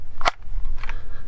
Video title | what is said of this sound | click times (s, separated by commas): Falco C905 OWB Kydex Holster | you can hear it people like to hear that click | 0.3 s